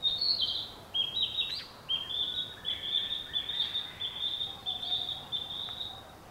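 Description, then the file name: Narcissus flycatcher song: a long sequence of high, bright whistled notes running on almost continuously. "kibitaki"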